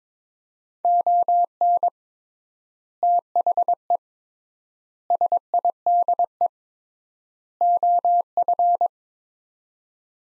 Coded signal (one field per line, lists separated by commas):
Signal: Morse code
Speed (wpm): 22 wpm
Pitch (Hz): 700 Hz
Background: none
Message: ON THE SIDE OF